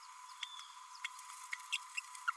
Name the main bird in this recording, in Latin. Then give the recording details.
Forpus passerinus. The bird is a male. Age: 29 days. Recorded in a nest box in Venezuela. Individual 17B32A6